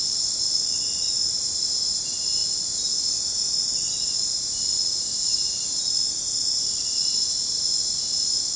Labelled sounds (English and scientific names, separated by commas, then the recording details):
none
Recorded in secondary vegetation near Puerto Asís, Putumayo, Colombia, on 9 March 2025 at 01:00
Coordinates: 0.484, -76.319
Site G010